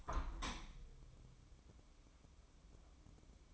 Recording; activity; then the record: daily activity, microphone in the room; open window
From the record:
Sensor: 1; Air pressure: 1014.9 hPa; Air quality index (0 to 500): 50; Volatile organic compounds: 1 ppm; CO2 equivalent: 665 ppm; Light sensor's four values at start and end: 10/25/10/11 and 10/25/10/11